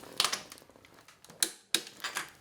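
A click-type torque wrench tightens a cylinder head bolt on a Jeep 4.0L engine, clicking once the higher torque setting is reached. Sharp clicks ring out at 1.4 s and 1.8 s, with other ratcheting taps and knocks around 0.2–0.3 s and 2.2 s.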